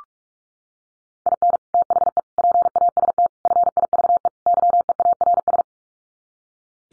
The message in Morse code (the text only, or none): IN THE PAST FIVE YEARS